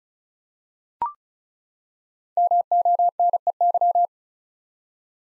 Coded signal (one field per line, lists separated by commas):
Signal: Morse code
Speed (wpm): 36 wpm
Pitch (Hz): 700 Hz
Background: none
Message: MONEY